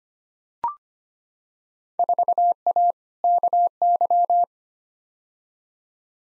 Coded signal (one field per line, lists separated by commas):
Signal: Morse code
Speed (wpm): 25 wpm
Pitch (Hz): 700 Hz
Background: none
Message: 4A KY